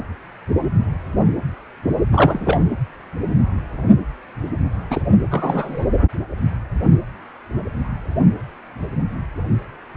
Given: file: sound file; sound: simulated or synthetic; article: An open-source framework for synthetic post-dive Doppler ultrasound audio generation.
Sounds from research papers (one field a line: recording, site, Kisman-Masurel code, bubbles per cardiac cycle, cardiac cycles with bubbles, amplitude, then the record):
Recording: Doppler ultrasound audio after a dive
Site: precordial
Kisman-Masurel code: 212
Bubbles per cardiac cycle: several, 3–8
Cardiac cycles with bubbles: 1–10%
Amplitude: moderate amplitude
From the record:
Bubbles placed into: full cardiac cycles